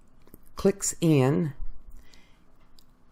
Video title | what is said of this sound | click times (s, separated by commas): Using the KitchenAid Pasta Extruder PLUS Spaghetti Carbonara Recipe | see they're marked right there and that just clicks | 0.3 s